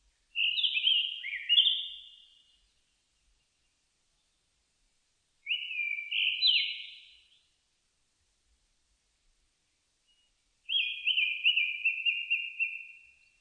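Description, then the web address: Japanese thrush song: three separate whistled phrases roughly five seconds apart, each a quick run of slurred notes, the last ending in a fading trill. Recorded 4 May 2001. "2001 010504 kurotugumi"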